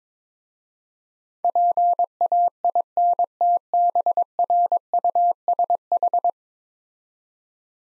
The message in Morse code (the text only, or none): PAINTBRUSH